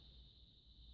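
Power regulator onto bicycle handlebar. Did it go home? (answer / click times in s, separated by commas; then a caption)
no / none. An e-bike kit's power regulator, a part fixed with a single screw, is handled into place on the right side of a bicycle handlebar, set on the right for a right-handed rider. A steady high tone near 4 kHz runs over a low rumble throughout, with no sharp transients. Nothing has seated or clicked yet.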